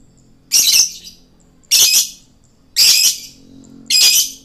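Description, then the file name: Lovebird giving four loud, raspy, high-pitched squawks, each roughly half a second long, spaced at about one-second intervals. Male lovebird; Indonesian 'gacor' meaning it sings continuously and energetically. "suara lovebird jantan gacor"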